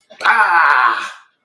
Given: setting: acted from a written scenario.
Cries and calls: vocal sound without words; anger

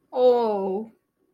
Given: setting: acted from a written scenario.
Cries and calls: vocal sound without words; embarrassment

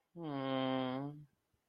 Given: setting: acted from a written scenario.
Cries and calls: vocal sound without words; guilt

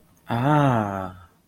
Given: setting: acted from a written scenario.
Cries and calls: vocal sound without words; awe

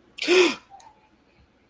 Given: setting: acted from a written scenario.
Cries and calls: vocal sound without words; negative surprise

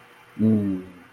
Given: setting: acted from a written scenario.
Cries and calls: vocal sound without words; contentment

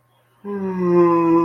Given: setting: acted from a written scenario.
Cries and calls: vocal sound without words; sadness

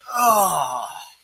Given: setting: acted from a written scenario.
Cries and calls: vocal sound without words; disgust

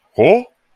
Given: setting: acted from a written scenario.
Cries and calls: vocal sound without words; confusion

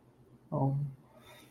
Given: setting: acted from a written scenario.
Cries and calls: vocal sound without words; sadness

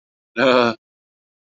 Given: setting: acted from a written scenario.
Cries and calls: vocal sound without words; shame

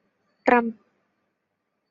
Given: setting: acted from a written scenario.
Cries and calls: vocal sound without words; triumph

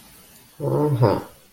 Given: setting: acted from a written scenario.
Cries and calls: vocal sound without words; pride

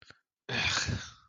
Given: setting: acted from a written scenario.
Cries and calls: vocal sound without words; contentment

